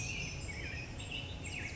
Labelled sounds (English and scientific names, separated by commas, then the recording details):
Black-headed Grosbeak (Pheucticus melanocephalus)
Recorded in Sonoma County, California